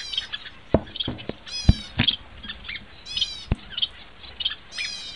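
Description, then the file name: Double-barred finch giving drawn-out nasal, buzzy notes about every one and a half seconds, with short chirps between and several sharp clicks and knocks. "suara owlfinch omkicau"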